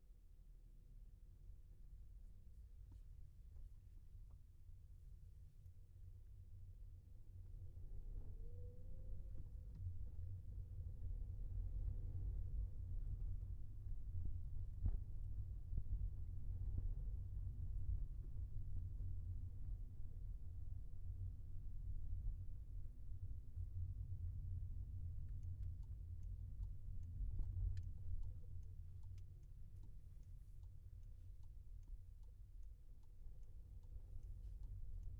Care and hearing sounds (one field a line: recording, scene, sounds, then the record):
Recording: everyday scene through a hearing-aid microphone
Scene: in a vehicle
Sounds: engine, rumble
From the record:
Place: Skoda Fabia, gasoline engine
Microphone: behind the ear, left, front